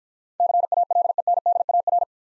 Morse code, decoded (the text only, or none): CALENDAR